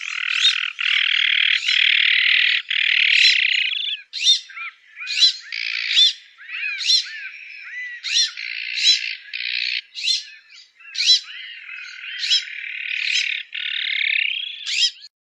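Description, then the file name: Iberian magpie giving harsh, buzzy rasping calls, some drawn out for seconds, mixed with short upslurred chirps, in uneven bursts. "Canto do pega azul"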